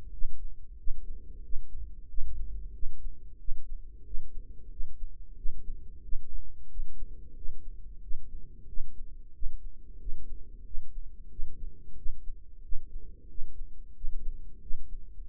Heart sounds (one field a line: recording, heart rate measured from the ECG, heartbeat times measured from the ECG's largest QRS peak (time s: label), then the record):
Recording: heart sounds by microphone in the right ear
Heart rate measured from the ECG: 91 bpm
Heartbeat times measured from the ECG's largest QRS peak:
0.12 s: heartbeat
0.78 s: heartbeat
1.43 s: heartbeat
2.08 s: heartbeat
2.73 s: heartbeat
3.39 s: heartbeat
4.05 s: heartbeat
4.71 s: heartbeat
5.36 s: heartbeat
6.03 s: heartbeat
6.70 s: heartbeat
7.36 s: heartbeat
8.02 s: heartbeat
8.67 s: heartbeat
9.34 s: heartbeat
9.99 s: heartbeat
10.65 s: heartbeat
11.30 s: heartbeat
11.96 s: heartbeat
12.63 s: heartbeat
13.29 s: heartbeat
13.95 s: heartbeat
14.61 s: heartbeat
15.28 s: heartbeat
From the record:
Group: healthy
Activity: rest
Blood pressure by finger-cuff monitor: 120/74 mmHg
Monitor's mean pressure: 89 mmHg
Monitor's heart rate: 91 bpm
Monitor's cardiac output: 6.3 L/min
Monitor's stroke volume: 70 mL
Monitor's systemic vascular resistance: 1030 dyn s/cm5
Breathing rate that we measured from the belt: 20 breaths a minute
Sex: female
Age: 43 years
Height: 160 cm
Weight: 90 kg